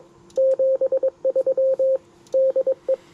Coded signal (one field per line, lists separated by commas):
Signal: Morse code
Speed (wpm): 22 wpm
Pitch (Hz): 530 Hz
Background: radio noise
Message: 73 DE